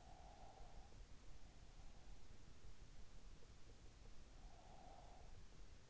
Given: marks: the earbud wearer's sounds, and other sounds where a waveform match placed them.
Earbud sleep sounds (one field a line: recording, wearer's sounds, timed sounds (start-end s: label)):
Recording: sounds in sleep by an in-ear microphone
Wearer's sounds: breath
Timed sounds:
0.00-2.36 s: breath
4.52-5.53 s: breath